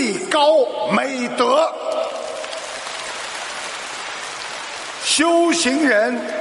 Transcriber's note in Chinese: 掌声